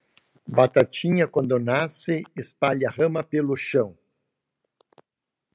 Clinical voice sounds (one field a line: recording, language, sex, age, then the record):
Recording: short text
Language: Brazilian Portuguese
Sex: male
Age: 60 to 69 years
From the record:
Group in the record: control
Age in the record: 63 years